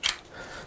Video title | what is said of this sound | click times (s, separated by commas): Alias FAQ: Beltless Receiver Setup | and slide and lock it in like that | 0.1 s